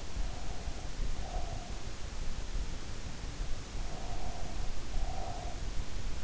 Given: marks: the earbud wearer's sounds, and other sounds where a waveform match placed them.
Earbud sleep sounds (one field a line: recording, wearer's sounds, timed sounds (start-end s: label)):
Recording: sounds in sleep by an in-ear microphone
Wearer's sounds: breath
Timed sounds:
0.00-1.95 s: breath
3.74-6.04 s: breath